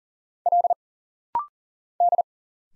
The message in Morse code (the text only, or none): L D